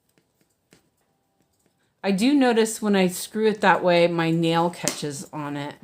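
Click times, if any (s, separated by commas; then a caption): none. The screw on a screw-tension stitching hoop or frame is tightened after the piece failed to snap in while loose; faint ticks from the screw turning come at about 0.1, 0.2 and 0.7 s. Someone talks from about 2.0 s to the end. Nothing has snapped in yet.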